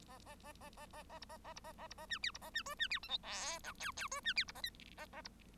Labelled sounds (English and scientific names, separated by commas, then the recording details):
Bengalese Finch (Lonchura striata domestica) song
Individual Bird1